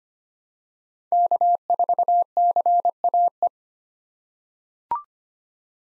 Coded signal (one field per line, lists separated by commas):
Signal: Morse code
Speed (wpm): 25 wpm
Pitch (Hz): 700 Hz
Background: none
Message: K4CAE